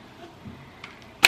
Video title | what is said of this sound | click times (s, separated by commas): Greenote GSC50 VACUUM REVIEW | it clicks into place so | 1.2 s